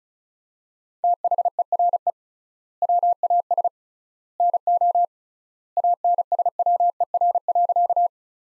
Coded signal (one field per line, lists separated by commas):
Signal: Morse code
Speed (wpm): 36 wpm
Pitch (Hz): 700 Hz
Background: none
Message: THERE WAS NO ANSWER.